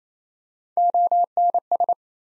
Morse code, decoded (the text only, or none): ONS